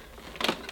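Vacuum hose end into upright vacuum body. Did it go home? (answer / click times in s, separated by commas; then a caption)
yes / 0.4 s. The hose end of a Dyson DC28 Airmuscle upright vacuum cleaner is slid into the bottom of the vacuum body while the cleaner is being reassembled after its damaged power cord was replaced. A faint scrape at about 0.4 s leads into a sharp plastic click at 0.4 s, followed by a light tick near 0.7 s. The hose is confirmed seated in place.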